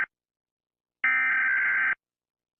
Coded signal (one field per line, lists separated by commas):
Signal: Emergency Alert System (SAME) tones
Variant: header bursts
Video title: Flags Eas Alarms! States and countries